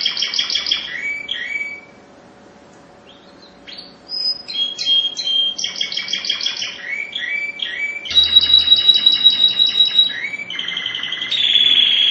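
Spanish Timbrado canary singing: a chain of rattling rolls, pure whistles and bell-like trills, with abrupt shifts between sections and a faint steady hum beneath.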